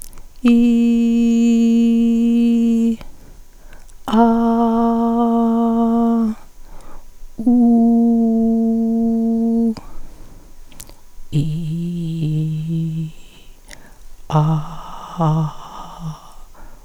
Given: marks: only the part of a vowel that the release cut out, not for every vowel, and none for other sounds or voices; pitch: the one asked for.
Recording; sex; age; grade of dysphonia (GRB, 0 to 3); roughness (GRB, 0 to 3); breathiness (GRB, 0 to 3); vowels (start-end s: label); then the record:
sustained vowels; female; 50 to 59 years; 2; 0; 2
0.65-2.66 s: vowel /i/, high pitch
4.32-5.95 s: vowel /a/, high pitch
7.68-9.62 s: vowel /u/, high pitch
11.51-13.00 s: vowel /i/, low pitch
14.42-16.09 s: vowel /a/, low pitch
From the record:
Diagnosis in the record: hyperfunctional dysphonia, psychogenic dysphonia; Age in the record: 52 years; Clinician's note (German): Ponogene Komponente